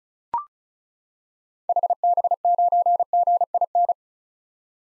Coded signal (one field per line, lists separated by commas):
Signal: Morse code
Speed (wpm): 36 wpm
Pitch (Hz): 700 Hz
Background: none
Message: HB9GIN